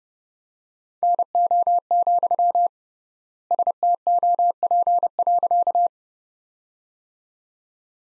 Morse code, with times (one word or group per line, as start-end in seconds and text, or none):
1.0-2.7 NO,
3.5-5.9 STOP.